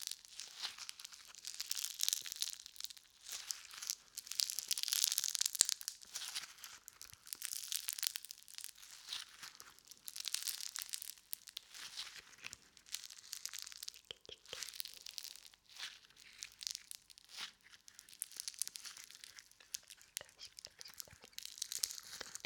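Play foam is squished and pulled, giving a steady run of crinkly, crackling, sticky sounds that stay bright and high with almost nothing low. Busier, louder stretches come around five and ten seconds, and the texture thins and pulses in short bursts later.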